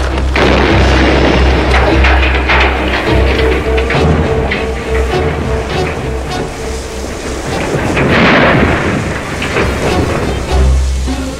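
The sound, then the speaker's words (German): A loud explosion of Thurgood's dynamite stored in a burning shed: a deep, booming roar with heavy low rumble that carries on for several seconds, swelling again with fresh bursts of crackling debris. No voices are heard. “Ach, ich hätte mir denken können, dass Thurgood sein Dynamit im Schuppen aufbewahrt.”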